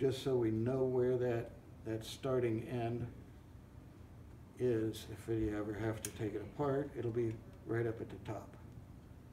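A part is being fitted into the headstock of a Shopsmith PowerPro Gen 2 woodworking machine during a DIY headstock upgrade, while someone talks throughout with only faint handling sounds between phrases. Nothing has seated or clicked yet; the part is not yet home.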